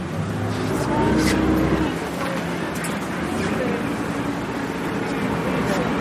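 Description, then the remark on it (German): A motorboat engine drones steadily as the boat maneuvers in the shadow of the Stark Lee sea stack, a 170-metre rock in the St Kilda islands of Scotland, in the Atlantic. It is a low rumbling hum with broad churning noise, its pitch and tone shifting slightly after the first couple of seconds. “Unser Boot manövriert nach nur 15 Minuten bereits im Schatten von Stark Lee, einem grobschlächtigen grauen Monolith mit 170 Metern der zweithöchste Sea Stack Großbritanniens.”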